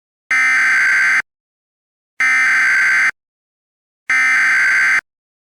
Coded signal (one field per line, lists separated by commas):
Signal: Emergency Alert System (SAME) tones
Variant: header bursts